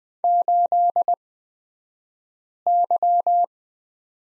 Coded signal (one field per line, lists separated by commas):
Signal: Morse code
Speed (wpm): 20 wpm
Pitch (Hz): 700 Hz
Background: none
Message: 8Y